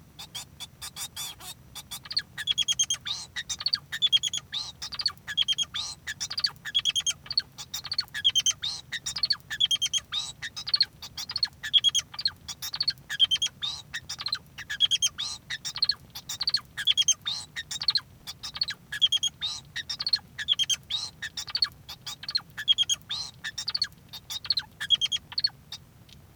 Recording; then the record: song of a male Bengalese finch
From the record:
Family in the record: son of father 2